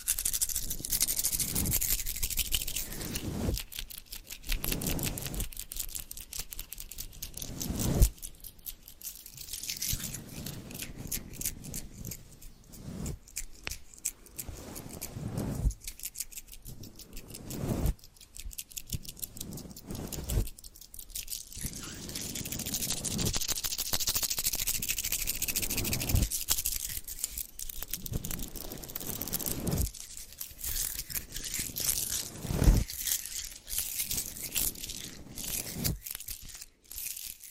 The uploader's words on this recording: NO TALKING, Squeezing, Crinkles, Tapping, Scratching.